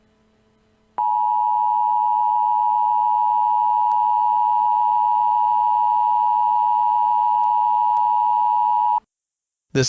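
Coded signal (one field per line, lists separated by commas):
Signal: Emergency Alert System (SAME) tones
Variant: 853 and 960 Hz attention tone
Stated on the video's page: Simulated EAS scenario about the Palo Verde nuclear power plant in Arizona.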